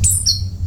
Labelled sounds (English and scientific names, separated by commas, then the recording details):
Stitchbird (Notiomystis cincta) song
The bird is a male
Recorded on Tiritiri Matangi Island, New Zealand, in 2005
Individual 21, of nest box 30